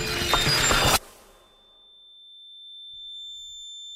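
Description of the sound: A synthesized high-pitched whistle simulating tinnitus, a constant, nagging phantom sound heard permanently by 80,000 Quebecers; a steady tone near 3.5 kHz rises out of fading noise. Tinnitus can cause sleep problems, distress and depression, and in the long term indicates hearing loss.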